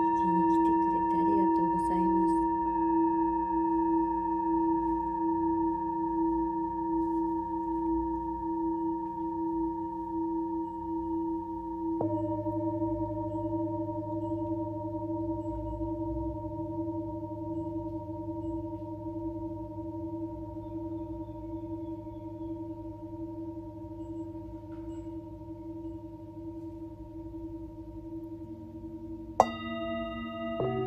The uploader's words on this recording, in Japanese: メキシコから シンギングボウルのサウンドヒーリング ライブ。